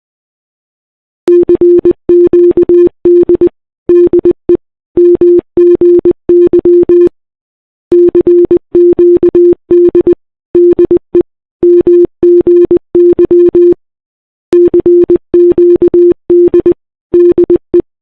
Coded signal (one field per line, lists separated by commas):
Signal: Morse code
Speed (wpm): 20 wpm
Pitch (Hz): 350 Hz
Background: none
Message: CQD DE MGY CQD DE MGY CQD DE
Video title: RMS Titanic Morse Code Chat Logs (With VS7 Ships)